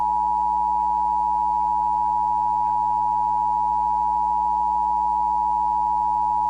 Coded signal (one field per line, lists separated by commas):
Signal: Emergency Alert System (SAME) tones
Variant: 853 and 960 Hz attention tone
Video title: National EAS test (cable)